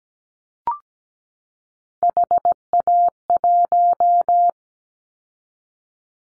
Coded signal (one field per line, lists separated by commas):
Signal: Morse code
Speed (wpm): 17 wpm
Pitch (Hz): 700 Hz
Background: none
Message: HA1